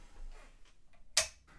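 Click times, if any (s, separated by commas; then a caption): 1.2 s. An interchangeable armor panel is pressed into an XM Studios Scorpion collectible statue, with faint handling rustle before a single sharp click at 1.2 s. The panel snaps in and is seated.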